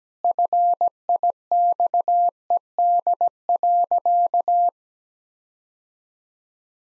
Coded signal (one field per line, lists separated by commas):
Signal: Morse code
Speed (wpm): 17 wpm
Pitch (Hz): 700 Hz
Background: none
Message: FIXED.